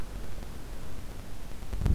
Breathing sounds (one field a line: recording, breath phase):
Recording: one breath near a microphone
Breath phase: inhalation